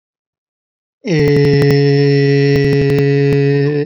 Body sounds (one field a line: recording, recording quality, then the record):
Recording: sustained vowel as in made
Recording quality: excellent, no background noise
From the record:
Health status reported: COVID-19 positive, no symptoms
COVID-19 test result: positive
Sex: male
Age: 23 years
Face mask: not worn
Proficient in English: yes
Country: India